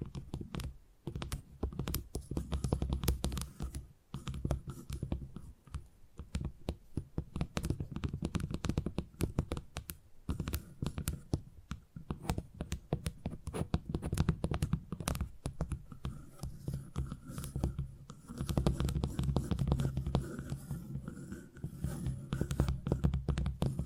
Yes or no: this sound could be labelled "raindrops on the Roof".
no